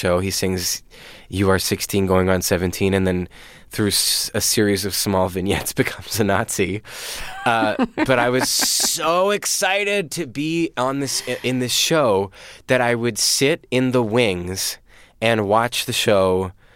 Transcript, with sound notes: He sings you are 16 going on 17, and then, through a series of small vignettes, becomes a Nazi. (Laughter) But I was so excited to be on this - in this show that I would sit in the wings and watch the show.